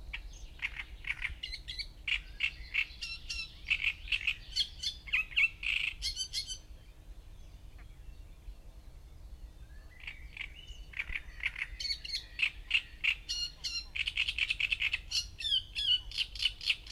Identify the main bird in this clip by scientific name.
Acrocephalus arundinaceus